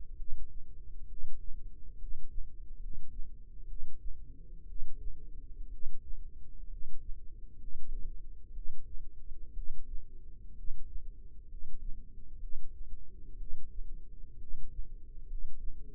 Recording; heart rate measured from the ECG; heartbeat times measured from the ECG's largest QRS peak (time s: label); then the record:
heart sounds by microphone in the left ear; 64 bpm
0.14 s: heartbeat
1.05 s: heartbeat
1.95 s: heartbeat
2.76 s: heartbeat
3.64 s: heartbeat
4.63 s: heartbeat
5.67 s: heartbeat
6.66 s: heartbeat
7.55 s: heartbeat
8.50 s: heartbeat
9.51 s: heartbeat
10.52 s: heartbeat
11.45 s: heartbeat
12.36 s: heartbeat
13.34 s: heartbeat
14.35 s: heartbeat
15.23 s: heartbeat
From the record:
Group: healthy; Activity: rest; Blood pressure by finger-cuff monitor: 100/65 mmHg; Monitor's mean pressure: 76 mmHg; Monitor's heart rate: 63 bpm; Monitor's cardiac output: 6.8 L/min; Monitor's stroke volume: 109 mL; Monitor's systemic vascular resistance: 790 dyn s/cm5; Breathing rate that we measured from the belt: 14 breaths a minute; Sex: male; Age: 22 years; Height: 185 cm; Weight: 112.4 kg